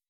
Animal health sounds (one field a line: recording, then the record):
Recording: hydrophone in a shrimp aquaculture tank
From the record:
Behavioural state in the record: weakened